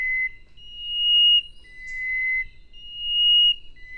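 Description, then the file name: Chestnut-breasted wren: loud, clean whistled notes held about a second each, alternating higher and lower pitch. "cyphorhinus thoracicus"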